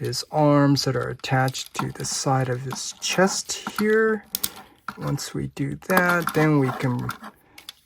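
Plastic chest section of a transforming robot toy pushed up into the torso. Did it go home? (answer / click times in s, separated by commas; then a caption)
no / none. Someone talks while handling a plastic Takara Tomy Masterpiece MP-19 Smokescreen Transformer figure, bringing its arms back up along the sides of the chest before the centre chest section is pushed up into the torso. Two faint, brief ticks sound near the end, at 7.6 and 7.7 seconds. The chest piece has not seated or clicked into place yet.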